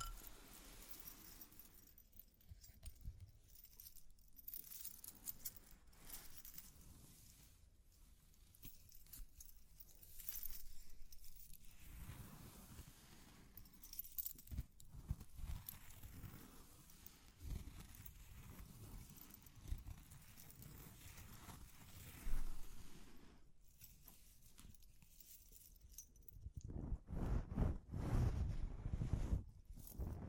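Irregular tapping and scratching with soft metallic jingles, mostly low rustling throughout, growing denser and louder with heavy scraping in the last few seconds.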